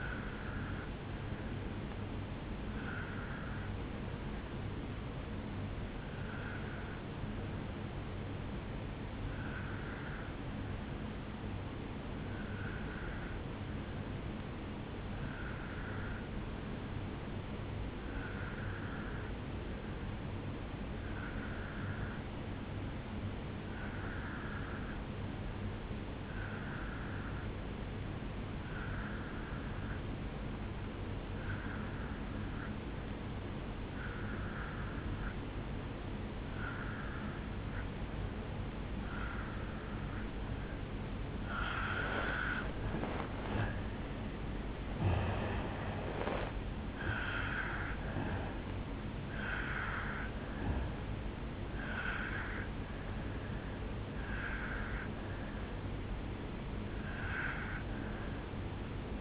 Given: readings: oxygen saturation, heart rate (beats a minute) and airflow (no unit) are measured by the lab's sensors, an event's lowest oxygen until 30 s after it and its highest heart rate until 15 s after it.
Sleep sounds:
breathing in sleep by a voice recorder at the bedside; 1
7.00-42.00 s: obstructive apnea (N2, oxygen 97% highest, then 85% lowest, heart rate 56 at the start, 76 highest)
From the record:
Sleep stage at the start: N2 (light sleep); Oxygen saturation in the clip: 84 to 97%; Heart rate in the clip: 56 to 76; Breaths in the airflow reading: 4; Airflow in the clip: -11.1 to 7.0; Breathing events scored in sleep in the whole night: 449 in 7.0 hours asleep

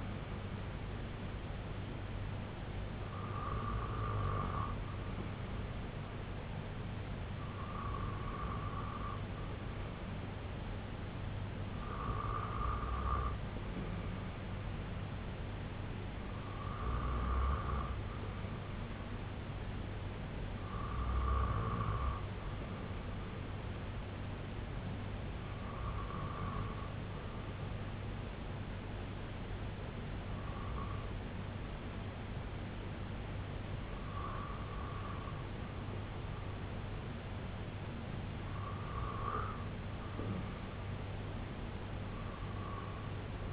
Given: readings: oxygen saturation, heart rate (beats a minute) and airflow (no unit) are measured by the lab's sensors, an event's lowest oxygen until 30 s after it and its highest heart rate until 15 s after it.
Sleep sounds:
breathing in sleep by a voice recorder at the bedside; none
none scored
From the record:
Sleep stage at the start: REM sleep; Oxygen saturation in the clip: 94 to 96%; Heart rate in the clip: 72 to 85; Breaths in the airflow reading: 8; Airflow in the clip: -5.7 to 3.0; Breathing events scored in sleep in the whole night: 258 in 7.4 hours asleep

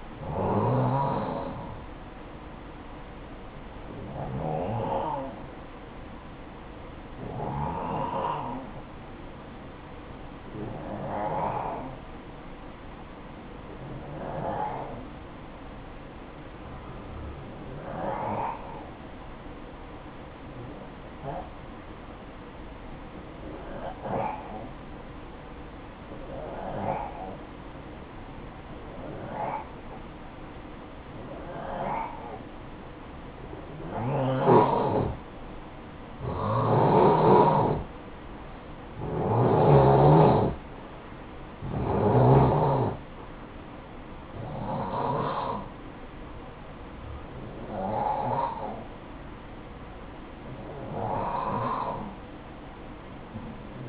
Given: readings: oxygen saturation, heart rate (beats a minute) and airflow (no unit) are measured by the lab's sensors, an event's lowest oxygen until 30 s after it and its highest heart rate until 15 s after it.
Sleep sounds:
breathing in sleep by a voice recorder at the bedside; 1
12.00-38.50 s: hypopnea (N2, oxygen 94% highest, then 88% lowest, heart rate 59 at the start, 65 highest)
From the record:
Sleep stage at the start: N2 (light sleep); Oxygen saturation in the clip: 88 to 94%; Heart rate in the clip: 55 to 65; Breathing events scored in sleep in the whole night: 573 in 9.8 hours asleep

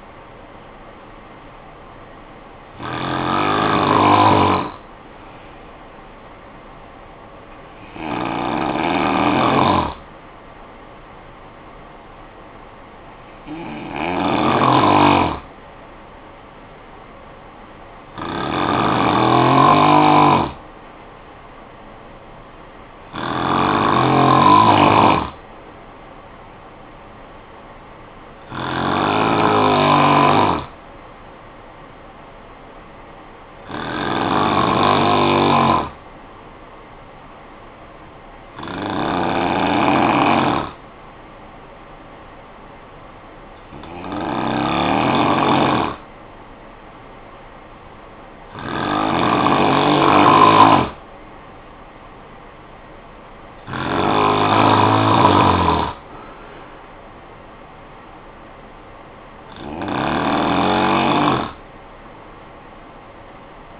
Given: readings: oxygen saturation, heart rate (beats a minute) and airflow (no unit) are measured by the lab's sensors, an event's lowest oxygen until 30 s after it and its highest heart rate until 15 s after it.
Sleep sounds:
breathing in sleep by a voice recorder at the bedside; 1
3.00-63.80 s: new sleep stage, N2 (light sleep)
38.00-51.00 s: hypopnea (N2, oxygen 93% highest, then 89% lowest, heart rate 59 at the start, 64 highest)
From the record:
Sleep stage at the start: N1 (lightest sleep); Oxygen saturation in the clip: 90 to 93%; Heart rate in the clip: 54 to 64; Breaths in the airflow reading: 12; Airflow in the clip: -10.9 to 6.1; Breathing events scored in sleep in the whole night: 445 in 7.6 hours asleep

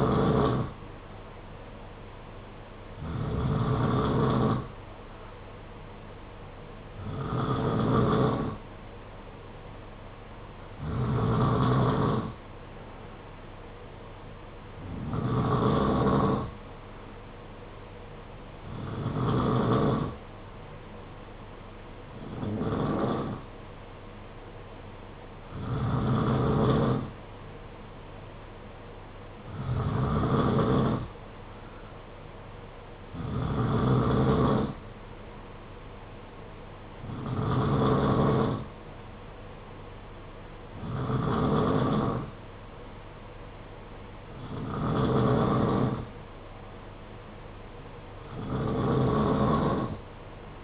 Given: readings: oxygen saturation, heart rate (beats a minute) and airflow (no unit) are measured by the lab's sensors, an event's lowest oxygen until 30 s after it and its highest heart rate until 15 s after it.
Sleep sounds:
breathing in sleep by a voice recorder at the bedside; none
none scored
From the record:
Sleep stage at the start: N2 (light sleep); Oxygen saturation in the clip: 91 to 92%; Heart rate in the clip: 54 to 58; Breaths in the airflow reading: 14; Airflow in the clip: -6.8 to 4.4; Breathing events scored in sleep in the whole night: 476 in 9.7 hours asleep

